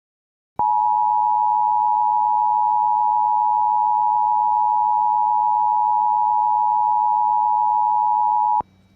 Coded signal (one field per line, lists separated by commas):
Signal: Emergency Alert System (SAME) tones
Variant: 853 and 960 Hz attention tone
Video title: RARE LOCAL AREA EMERGENCY FOR BEE, TX (EAS #30)